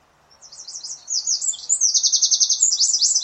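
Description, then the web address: Bird song that starts softly and builds into long rapid trills of high, sharply descending notes repeated several times a second. "cianscape birddata Deverinetal 2025"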